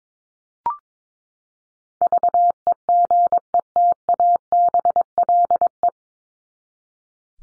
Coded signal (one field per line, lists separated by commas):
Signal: Morse code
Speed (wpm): 22 wpm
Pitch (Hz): 700 Hz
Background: none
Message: VEGETABLE